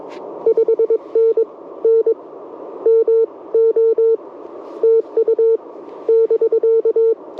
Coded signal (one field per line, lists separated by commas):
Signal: Morse code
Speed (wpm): 22 wpm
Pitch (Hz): 450 Hz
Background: none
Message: 5NN MO TU <BK>